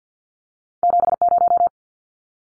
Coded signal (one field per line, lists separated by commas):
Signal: Morse code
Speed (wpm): 50 wpm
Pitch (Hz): 700 Hz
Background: none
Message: 70